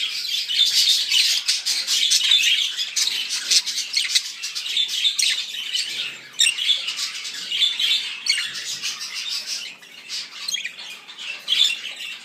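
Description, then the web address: Budgerigar warbling with squawky, scratchy notes and quick clicking chirps in a dense chatter. Show-type budgerigar from a breeding nursery. "vystavocnyi volnistyi popugai cex pitomnik king parrotru. meliopsittacus undulates"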